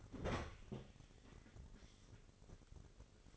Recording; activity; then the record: daily activity, microphone in the room; open fridge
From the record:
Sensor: 4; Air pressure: 996.0 hPa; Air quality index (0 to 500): 62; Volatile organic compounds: 2 ppm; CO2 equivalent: 1099 ppm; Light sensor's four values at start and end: 15/42/16/18 and 14/39/15/17